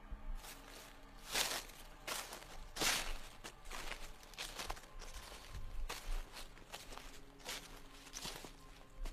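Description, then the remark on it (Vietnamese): Human footsteps crunch and rustle through dry grass in a grassy thicket at dusk, several uneven steps with bright swishing bursts, moderately loud over a low steady hum, with no voices. “Lại có tiếng bước chân sột soạt ở trong bụi cỏ bên kia.”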